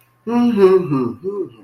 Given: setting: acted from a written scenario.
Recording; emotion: vocal sound without words; positive surprise